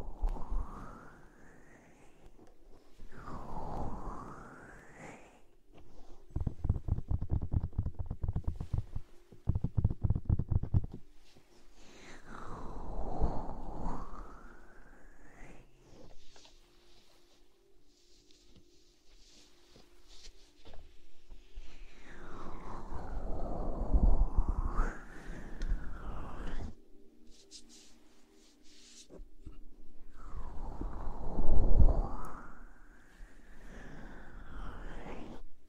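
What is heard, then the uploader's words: Slow ear blowing: long soft breaths that swell and fade, roughly every five to eight seconds, each a hollow whoosh that sweeps down then up in pitch. Between them come bursts of rapid low crackling, near 6–11 seconds, with quiet gaps elsewhere. ASMR Ear blowing.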